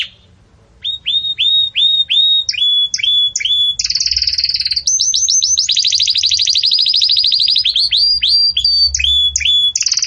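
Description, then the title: Belgian canary song: after a short quiet start, clear whistled notes repeated several times, then fast rattling trills and buzzy rolls, all high-pitched. Belgian canary song used for teaching breeding chicks (encarte de filhotes); 'campainha' style song. "Belíssimo Canto Do Canário Belga Campainha Para Encarte De Filhotes"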